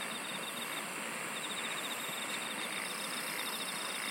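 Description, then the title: Chorus of insects with rhythmic, pulsed trills running almost continuously over a thick shrill hum and steady hiss. "SINGING OF INSECTS"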